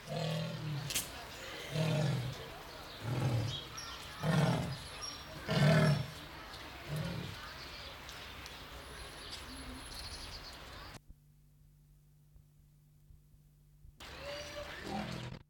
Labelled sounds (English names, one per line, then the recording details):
Leopard
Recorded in captivity
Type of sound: call, churr
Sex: male
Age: adult
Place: Zoo Berlin, Berlin, DE
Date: 1995-02-25 12:28
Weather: wolkig, 3°C
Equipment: Marantz CP 430, Sennheiser ME 80, Kopie Uher Variocord 263
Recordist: Tembrock, Günter
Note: Persischer Leopard (P. p. saxicolor): Männchen (einzeln) - läuft umher, unregelmäßige Lautgebung. Entfernung 6 - 8 m